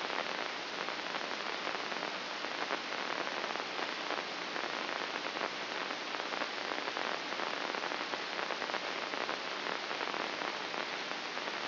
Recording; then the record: brain microelectrode recording played as sound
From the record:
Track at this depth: inside the subthalamic nucleus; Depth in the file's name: 5.229 mm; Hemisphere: left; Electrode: 2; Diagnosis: Parkinson's disease